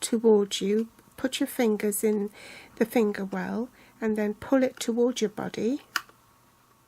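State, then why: Not seated. An ink pad insert sits tilted in its plastic housing, and fingers in the finger well pull it toward the body while someone talks throughout. There are faint handling sounds, with a brief small sound near 6.1 s. Nothing has seated or clicked into place yet.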